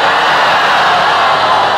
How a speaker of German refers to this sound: Also, ich nähere mich jetzt mit meinem Mikrofon den tobenden und rasenden Berlinern. Freude und Jubel herrscht im Hause.